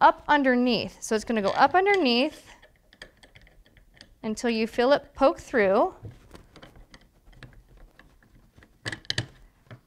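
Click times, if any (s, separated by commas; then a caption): 9.1 s. A bolt is slid up from underneath through the stabilizer bar of a Lifepro FlexCycle under-desk exercise bike while someone talks, with soft handling clicks and taps in between. It clicks into its seat at 9.1 s.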